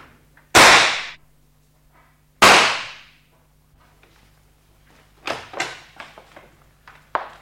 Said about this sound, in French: Ah, Salz, mais vous êtes fou! Vous tirez des coups de revolver dans le salon, maintenant? N'ayez pas peur, c'était le deuxième et dernier coup.